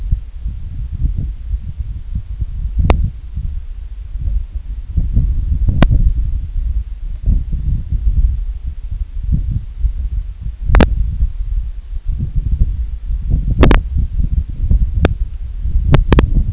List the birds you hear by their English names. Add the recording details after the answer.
none. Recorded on Arctic tundra, site IGLO-A, on 25 June 2018. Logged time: 01:59